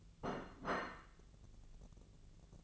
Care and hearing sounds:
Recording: daily activity, microphone in the room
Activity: place plate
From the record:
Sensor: 4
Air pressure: 1001.0 hPa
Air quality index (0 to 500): 145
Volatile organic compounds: 2 ppm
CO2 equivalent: 1071 ppm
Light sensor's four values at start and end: 25/61/25/27 and 25/61/25/27

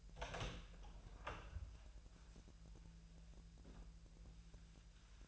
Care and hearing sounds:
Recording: daily activity, microphone in the room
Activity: open door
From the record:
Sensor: 2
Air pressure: 1001.2 hPa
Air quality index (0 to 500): 248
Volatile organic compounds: 88 ppm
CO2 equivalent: 3670 ppm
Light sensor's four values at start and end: 9/22/9/9 and 10/23/9/10

